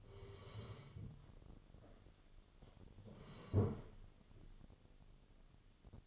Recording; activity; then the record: daily activity, microphone in the room; sit down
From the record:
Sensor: 4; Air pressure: 1016.1 hPa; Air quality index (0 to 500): 180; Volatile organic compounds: 8 ppm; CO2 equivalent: 2046 ppm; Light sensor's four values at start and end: 9/20/8/7 and 9/20/8/7